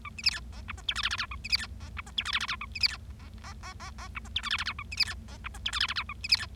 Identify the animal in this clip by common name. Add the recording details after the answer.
Bengalese Finch. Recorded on 25 March 2012 at 16:01. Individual gy6or6